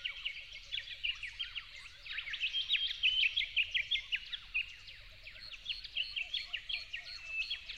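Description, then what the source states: Yellow-faced honeyeater song, busy chirping notes tumbling in quick succession. At dawn, dated 08/01/12.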